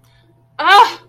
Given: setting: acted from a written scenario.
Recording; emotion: vocal sound without words; anger